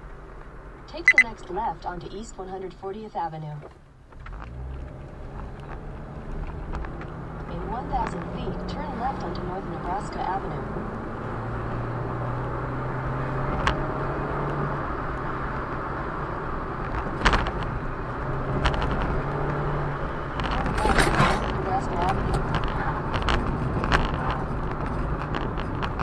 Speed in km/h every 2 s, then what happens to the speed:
40, 13, 18, 34, 47, 56, 69, 76, 77, 72, 72, 68, 58.
0-4 brakes to 18. 4-15 speeds up to 77. 15-26 slows to 58.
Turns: 2-4.